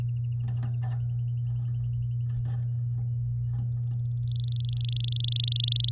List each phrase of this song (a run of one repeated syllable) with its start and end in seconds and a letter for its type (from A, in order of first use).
4.20-5.90 A